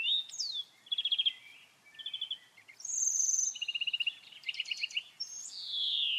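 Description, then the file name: European greenfinch in a continuous twittering song of varied fast trills and chirps, ending in a long, descending, wheezy note. "Chloris chloris"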